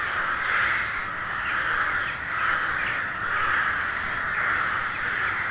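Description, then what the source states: Carrion crows gathered in number, rasping caws overlapping into a dense, swelling din. Hundreds of crows gathering at dusk in winter to settle for the night in a poplar wood at Neuflize.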